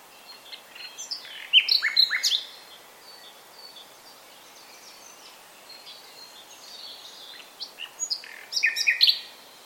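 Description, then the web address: Common nightingale song: a burst of varied sharp notes and chirps, a long quiet gap with faint twitters, then another rapid, clipped phrase. "SETE data Luscinia megarhynchos"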